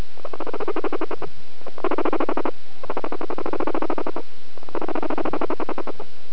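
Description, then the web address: Guinea pig purring in four bursts of rapid, buzzy pulses, each lasting about one to one and a half seconds, with short pauses between them. Rumbling (purring) call. "Swinka Morska warkot"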